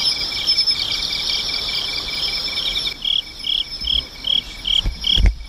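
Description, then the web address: Insect chorus of high continuous ringing and rapid pulses, then the chorus drops away and louder chirps repeat about two or three times a second, with a few low thumps. "cats nishikawa 201110 mushinokoi"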